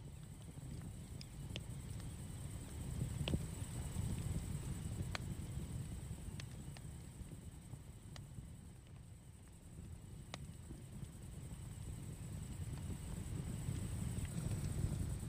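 Campfire ambience with a steady low rumble and hiss, punctuated by sharp crackles and pops every second or two, some louder near 3, 5, 8 and 10 seconds.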